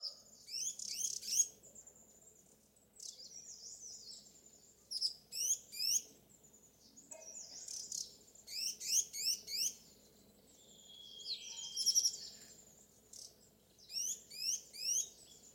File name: Striated yuhina